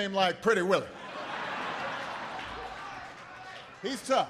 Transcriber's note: laughter